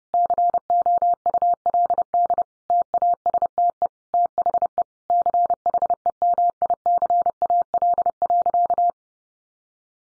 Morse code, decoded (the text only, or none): COULD TASTE THE CHEMICAL.